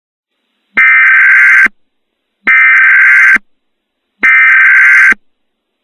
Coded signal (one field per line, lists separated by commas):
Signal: Emergency Alert System (SAME) tones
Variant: header bursts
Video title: EAS Mock: Bluff Point Volcano